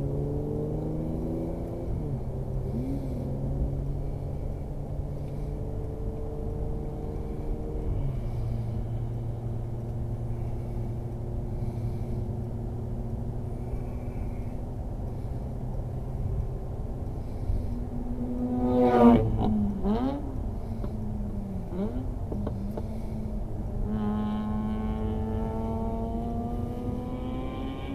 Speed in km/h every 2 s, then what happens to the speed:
58, 66, 70, 75, 76, 78, 79, 82, 84, 82, 78, 73, 58, 53.
0-16 speeds up to 84. 16-28 slows to 53.